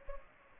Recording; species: mosquito wingbeat signal from an infrared sensor; Anopheles gambiae